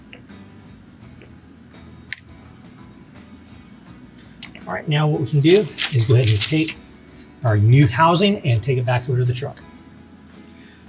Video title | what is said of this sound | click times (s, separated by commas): How to Install Oracle Series Flush Mount LED Tail Lights on a 2015 Ford F 150 | make sure it pushes all the way down and clicks into place | 2.1 s